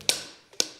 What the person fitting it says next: you hear the double click I swung hard enough for it to go all the way down and back